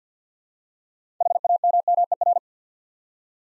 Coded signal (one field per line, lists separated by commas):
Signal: Morse code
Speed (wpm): 51 wpm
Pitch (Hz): 700 Hz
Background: none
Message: HAMMER